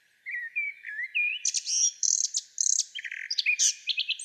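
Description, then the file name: Eurasian blackcap song: a few soft, slurred chirps build into a fast, loud warble of varied whistled and scratchy notes, continuing to the end. "Sylvia atricapilla"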